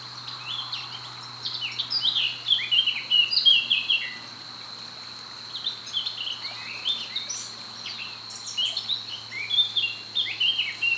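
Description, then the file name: Eurasian blackcap warbling, quick varied chirps and slurred notes over a steady high whine. "Sylvia atricapilla"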